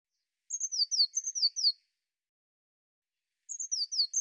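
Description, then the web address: Bird giving a quick run of high, thin chirps, each sliding downward, packed into a burst of about a second, then repeated after a pause; nothing else audible. "birddata Deverinetal 2025 Bird Cy Ca"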